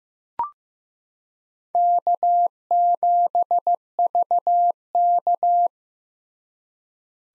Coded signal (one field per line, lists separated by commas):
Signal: Morse code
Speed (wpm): 15 wpm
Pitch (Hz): 700 Hz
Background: none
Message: K7VK